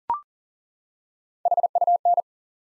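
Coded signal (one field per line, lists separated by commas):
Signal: Morse code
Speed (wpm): 38 wpm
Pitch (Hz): 700 Hz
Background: none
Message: HUN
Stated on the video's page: Morse practice drill at 40 wpm building 6-letter words three letters at a time, for instant character recognition.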